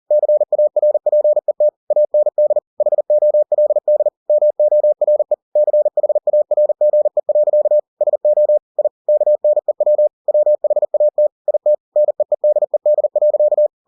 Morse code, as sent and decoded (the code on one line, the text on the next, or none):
-.-. .- .-. .--. . - / .- -. -.. / .... --- .-.. -.. / -- --- .-. . / -.-. .... .- .-. --. . .-.-.- / ... --- / .. / -.- -. . .-- / .-- .... .- - / .. - / -. . . -.. . -.. .-.-.-
CARPET AND HOLD MORE CHARGE. SO I KNEW WHAT IT NEEDED.